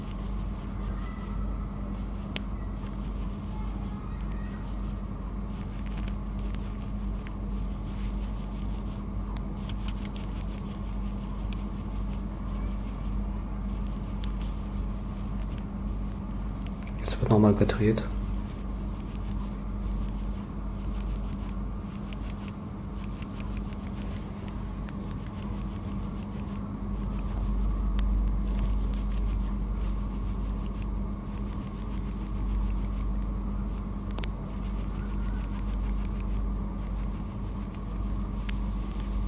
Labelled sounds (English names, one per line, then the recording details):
Spring Dumbledor stridulation
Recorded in captivity
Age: imago
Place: Berlin, DE
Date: 1989-08-22
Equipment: Riporter 6 RG-K, Sennheiser MKH 416 T, Halbspur
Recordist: Frommolt, Karl-Heinz